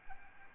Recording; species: mosquito wingbeat signal from an infrared sensor; Aedes albopictus